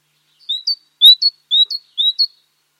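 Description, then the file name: Great tit calling: a high two-note phrase, a lower note then a higher one, repeated four times at about half-second intervals in silence. "Parus major"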